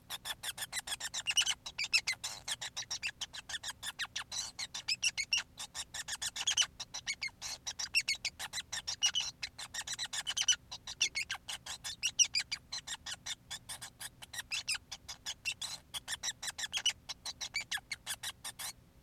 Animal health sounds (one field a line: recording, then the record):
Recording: song of a male Bengalese finch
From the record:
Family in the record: son of father 5